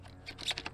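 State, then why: Not seated. The articulating head of a Milwaukee M18 Fuel cordless hedge trimmer is lined up on the quick-release coupling of the cordless power head and pushed on. A few short, light taps and scrapes sound at about 0.3, 0.4, 0.6 and 0.7 seconds. The head has not locked into place yet, and nothing has seated or clicked.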